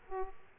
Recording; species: mosquito wingbeat signal from an infrared sensor; Aedes aegypti